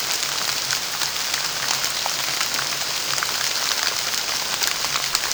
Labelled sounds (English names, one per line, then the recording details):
none
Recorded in pastures near Puerto Asís, Putumayo, Colombia, on 25 June 2025 at 14:00
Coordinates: 0.497, -76.327
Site G040